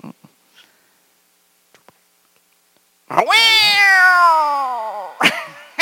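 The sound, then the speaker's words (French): After a few seconds of near silence with faint clicks, a cat lets out one long, loud, drawn-out meow that slides down in pitch, followed by a short sharp burst. “Mais là, le chat mettait le son parce que vous allez vous sentir comme... griffé.”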